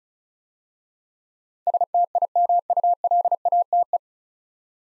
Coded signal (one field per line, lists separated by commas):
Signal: Morse code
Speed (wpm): 36 wpm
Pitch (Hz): 700 Hz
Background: none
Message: STIMULATE